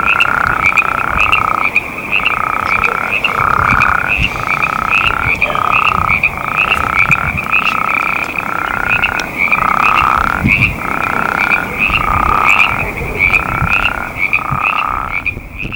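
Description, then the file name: Western spadefoot calling in steady, snoring trills of under a second each, repeated roughly every second throughout, with a faint rumbling background. "speahammondii"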